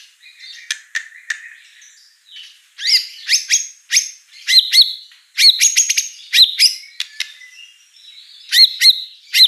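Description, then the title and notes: White-rumped shama song: fast bursts of sharp high notes and clicks with short whistled phrases, separated by brief pauses, loudest in the second half. Lure song (pancingan) of a prolific, chatty (gacor) bird with a rich repertoire of fill-in phrases (isian mewah). "Pancingan Gacor Murai Batu Bongkar Isian Mewah. Audio Murai Batu Dongfeng"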